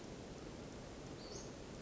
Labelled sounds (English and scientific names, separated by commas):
Western Flycatcher (Empidonax difficilis)